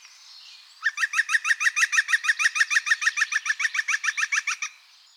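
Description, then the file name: European green woodpecker laughing: one fast, even series of about twenty bright, yelping notes over four seconds, steady in pitch, then silence. "gruenspecht"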